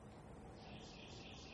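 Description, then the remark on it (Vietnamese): Faint, muffled chorus of birds chirping steadily outside, heard through tightly closed glass windows, a busy overlapping twitter over a low hiss, with no one speaking. “Nó kêu đó, đóng cửa kính mít mà vẫn nghe tiếng chim kêu rộn rã vậy, thấy không?”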